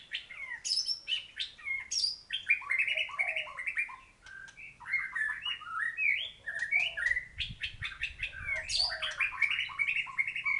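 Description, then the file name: White-rumped shama singing continuously, mixing clear whistled notes, rapid chattering bursts and sharp high clicks in a dense, ever-changing stream. Thailand. "suara murai thailand"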